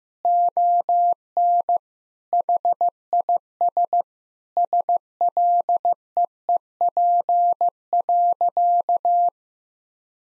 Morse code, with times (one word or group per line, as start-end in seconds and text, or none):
0.2-1.8 ON
2.3-4.0 HIS
4.6-9.3 SLEEP.